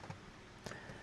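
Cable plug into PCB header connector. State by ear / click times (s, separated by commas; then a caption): not seated / none. While juggling several parts of a stereo Bluetooth boombox speaker kit, someone handles a cable plug that only fits one way around and pushes it toward its header connector on the circuit board. Only faint handling ticks and rustle are heard, with two brief sharper taps near 0.7 s. Nothing has seated or clicked yet.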